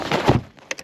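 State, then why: Not seated. An unidentified storage fitting is handled and pushed toward its place while gear is loaded into a Class A RV motorhome. A dense, scraping rustle builds to a heavy, low thud around 0.3 s, then fades, followed by two short, bright taps near 0.7 s and 0.8 s. Nothing has seated or clicked into place yet.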